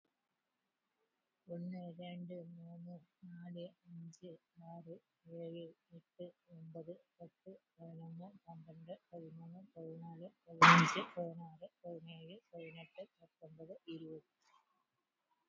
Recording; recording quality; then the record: counting at a normal pace; excellent, no background noise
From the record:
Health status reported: healthy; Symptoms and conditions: breathing difficulty, hypertension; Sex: female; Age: 73 years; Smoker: no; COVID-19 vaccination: both doses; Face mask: worn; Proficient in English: yes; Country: India